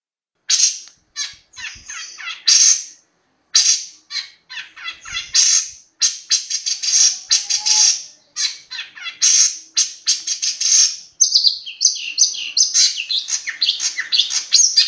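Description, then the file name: Long-tailed shrike singing a long, varied medley of harsh chattering bursts and sweet twittering phrases, mostly high-pitched, with short pauses between rapid runs of notes. Master song recording used as a model for training songbirds. "cendet master. omkicau"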